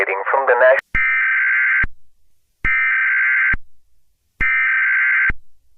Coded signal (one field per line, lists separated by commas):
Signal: Emergency Alert System (SAME) tones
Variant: header bursts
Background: speech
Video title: EAS Scenario: Pet Semetary